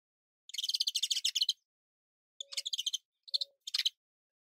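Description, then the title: Domestic canary song: a fast buzzy trill of high chirps for about a second, then three shorter rattling bursts with faint lower notes, all in quiet surroundings. Portuguese canary breed. "Kenari Portugis"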